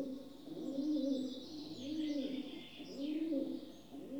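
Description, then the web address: Rock dove cooing in several low, rolling, swelling phrases. "BBC Sound Effects Library. Rock Dove (Columba Livia) Coos"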